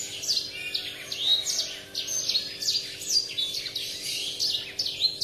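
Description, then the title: Oriental magpie-robin song: quick, tumbling high whistles and scratchy notes strung together without pause, bright and varied throughout. "Kicau Kacer"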